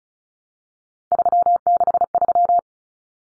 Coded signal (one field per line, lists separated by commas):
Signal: Morse code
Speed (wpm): 34 wpm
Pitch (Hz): 700 Hz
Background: none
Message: 363